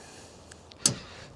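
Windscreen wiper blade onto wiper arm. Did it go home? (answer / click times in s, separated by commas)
yes / 0.9 s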